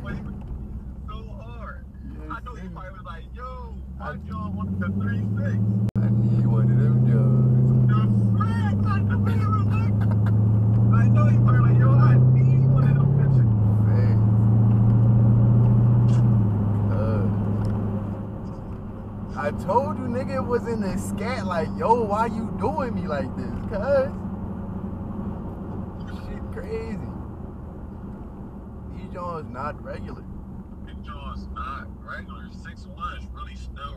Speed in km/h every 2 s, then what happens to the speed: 23, 18, 21, 31, 40, 50, 58, 69, 79, 79, 74, 72, 71, 63, 52, 40, 29.
2-16 speeds up to 79. 16-34 slows to 29.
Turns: none.